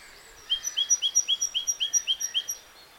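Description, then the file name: Great tit song, a quick run of about eight bright two-note phrases, a lower whistle then a higher one, repeated steadily for two seconds over faint background hiss. "Parus major"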